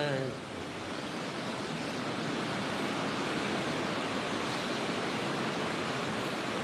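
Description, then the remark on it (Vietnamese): Heavy rain pours down in a dense, steady roar of hiss and patter that stays loud and unbroken for the whole stretch, with no pauses or letup. “Mưa quý vị có thể mà bước vào trong này chứ nhiều quá cái tiếng nó ầm quý vị nghe không rõ.”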